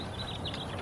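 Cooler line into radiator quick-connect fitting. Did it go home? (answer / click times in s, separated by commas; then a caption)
no / none. A cooler line is pushed straight into the quick-connect fitting on the radiator of a Buick Lucerne during a radiator replacement, with steady low handling noise and a slight rise in level at the very end. Nothing has seated or clicked yet; the clip ends just before the line goes home.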